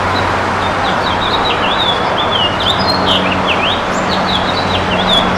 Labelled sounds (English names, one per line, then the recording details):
House Finch song
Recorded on Long Island, New York, on 15 June 2012
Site WI
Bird A